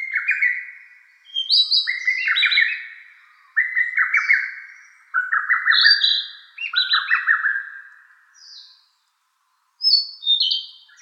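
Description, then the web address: Bird song of burry, buzzy phrases that slide downward, repeated in steady runs, with a few thin high whistles between them. Recorded on 4 June 2013. "birdenaga kibi hoto 130604"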